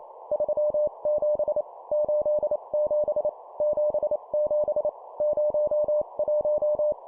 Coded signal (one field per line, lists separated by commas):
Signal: Morse code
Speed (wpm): 28 wpm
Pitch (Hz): 600 Hz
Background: none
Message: 37 87 77 01